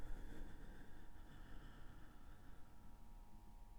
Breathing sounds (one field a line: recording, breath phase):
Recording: one breath near a microphone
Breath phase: exhalation